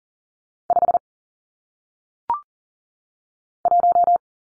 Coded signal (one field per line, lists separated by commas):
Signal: Morse code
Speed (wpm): 38 wpm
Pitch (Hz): 700 Hz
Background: none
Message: 5 1